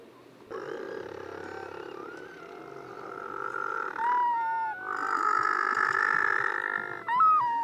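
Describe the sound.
White-flippered penguin call, a rough nasal bray building from low harmonic drones into louder, brighter tones with sliding notes and a sharp final phrase.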